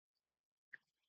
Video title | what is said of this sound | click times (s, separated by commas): Transformers United Legacy Star Raiders 3 Pk Thundertron, Nightstrike, Calcitron (Walmart exclusive) | and you can hear a little click | 0.7 s